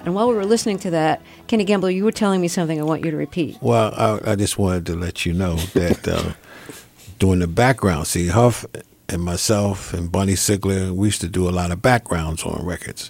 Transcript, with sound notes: And while we were listening to that, Kenny Gamble, you were telling me something I want you to repeat.
Well, I just wanted to let you know that... (Laughter) ...During the background - see? - Huff and myself and Bunny Sigler - we used to do a lot of backgrounds on records